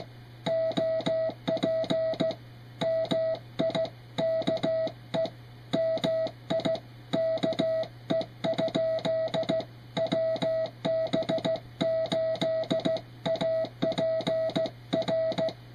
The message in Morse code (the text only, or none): OP MIKE MIKE? WB8APR